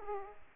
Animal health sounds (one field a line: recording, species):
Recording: mosquito wingbeat signal from an infrared sensor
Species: Aedes aegypti